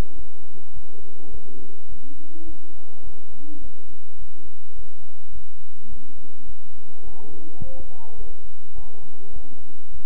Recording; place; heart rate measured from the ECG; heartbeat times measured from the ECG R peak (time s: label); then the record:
heart sounds by stethoscope; between the tricuspid and mitral areas; 105 bpm
0.16 s: heartbeat
0.74 s: heartbeat
1.31 s: heartbeat
1.89 s: heartbeat
2.46 s: heartbeat
3.04 s: heartbeat
3.61 s: heartbeat
4.18 s: heartbeat
4.76 s: heartbeat
5.32 s: heartbeat
5.89 s: heartbeat
6.46 s: heartbeat
7.04 s: heartbeat
7.61 s: heartbeat
8.18 s: heartbeat
8.75 s: heartbeat
9.33 s: heartbeat
9.91 s: heartbeat
From the record:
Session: bicycle stress test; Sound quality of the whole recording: good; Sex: male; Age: 23 years